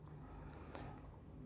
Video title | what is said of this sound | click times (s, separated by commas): en bullet kula ena iruka ???😨😱 #royalenfielddiaries #royalenfield500#automobile #travel#royalenfield | வச்சு லைட்டா press பண்ணேன். பிரஸ் பண்ணா லாக் ஆயிடுச்சு ப்ராப்பரா | 0.8 s